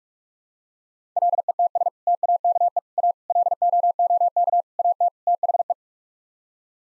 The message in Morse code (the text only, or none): LETS TAKE A LOOK AT THE